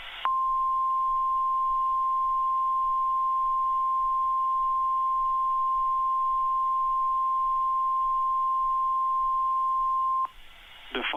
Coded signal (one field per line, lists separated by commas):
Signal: Emergency Alert System (SAME) tones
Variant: 1050 Hz attention tone